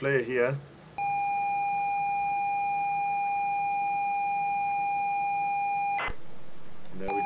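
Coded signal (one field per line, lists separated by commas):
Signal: ZX Spectrum tape loading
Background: speech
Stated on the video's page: Custom-made .TAP file for ZX Spectrum, loaded like the old days.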